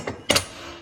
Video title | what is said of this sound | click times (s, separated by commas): RZR Trail Snow Plow | and clicked right in. See that? | 0.3 s